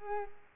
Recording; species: mosquito wingbeat signal from an infrared sensor; Culex quinquefasciatus